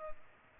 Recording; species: mosquito wingbeat signal from an infrared sensor; Culex pipiens